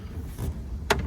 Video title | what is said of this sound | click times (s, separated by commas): How to Install a Radio Head Unit Ford F-150 2004-2008 - 10” Screen, Carplay! Step-by-Step DIY Guide | it clicks in place. | 0.9 s